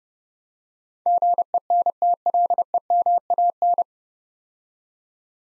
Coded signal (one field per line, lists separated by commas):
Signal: Morse code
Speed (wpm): 29 wpm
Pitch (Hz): 700 Hz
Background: none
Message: GENTLEMAN